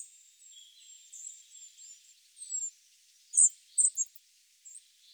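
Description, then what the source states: Spotted flycatcher calls: faint high drawn-out whistles sliding downward, then a few louder sharp chips toward the end. Recorded in Sardinia.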